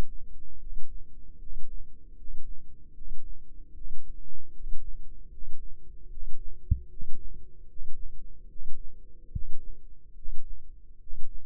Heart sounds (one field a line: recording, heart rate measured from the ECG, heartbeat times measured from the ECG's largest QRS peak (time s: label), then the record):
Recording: heart sounds by microphone in the left ear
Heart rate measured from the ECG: 75 bpm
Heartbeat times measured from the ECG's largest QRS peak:
0.58 s: heartbeat
1.37 s: heartbeat
2.15 s: heartbeat
2.92 s: heartbeat
3.72 s: heartbeat
4.51 s: heartbeat
5.28 s: heartbeat
6.08 s: heartbeat
6.87 s: heartbeat
7.66 s: heartbeat
8.47 s: heartbeat
9.29 s: heartbeat
10.13 s: heartbeat
10.98 s: heartbeat
From the record:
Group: healthy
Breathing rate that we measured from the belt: 20 breaths a minute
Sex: male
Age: 35 years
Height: 180 cm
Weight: 86.9 kg